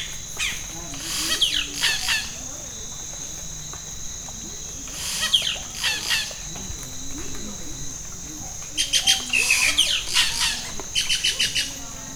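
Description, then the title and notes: Yellow-rumped cacique song of chattering rattles and sharp notes in clustered bursts, pausing between phrases, over a persistent high insect hum. Bird in Amacayacu National Natural Park, Amazonas, Colombia; mimics other birds, frogs and even a machete being sharpened. "Parque Nacional Natural Amacayacu, Amazonas, Colombia - Pájaro Arrendajo. Este pájaro imita a otras aves, ranas y hasta machete afilando"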